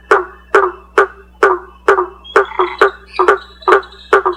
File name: Boana faber